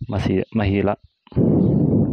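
A parking brake cable end is handled at its bracket mounting hole, ready to be pushed through until its retaining lock latches. Someone talks briefly, then a sustained rustling handling noise follows from about 1.3 seconds to the end. Nothing has seated or clicked yet.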